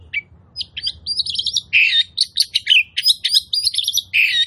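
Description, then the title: Oriental magpie-robin singing a continuous mix of sweet whistles, rough scratchy bursts and sharp chips, lively and unbroken. Kacer song used as a provocation track to make other magpie-robins fight, spread their tails and display; described as loud, continuous bursts (tembakan), gacor plong. "KACER NGOTOT FULL TEMBAKAN. Pancingan Kacer Gacor Plong Plongan Buat Kacer Lain Auto Emosi Buka Ekor Ngobra"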